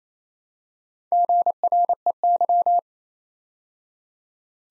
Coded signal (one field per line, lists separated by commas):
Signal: Morse code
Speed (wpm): 27 wpm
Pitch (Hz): 700 Hz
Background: none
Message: GREY